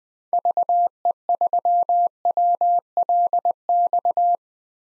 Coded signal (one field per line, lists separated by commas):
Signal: Morse code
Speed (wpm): 20 wpm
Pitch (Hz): 700 Hz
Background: none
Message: VE3WLX